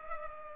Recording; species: mosquito wingbeat signal from an infrared sensor; Culex pipiens